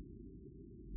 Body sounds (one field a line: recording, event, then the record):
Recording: neck accelerometer signal played as sound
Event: no cough (speech, laughter, throat clearing or background)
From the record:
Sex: female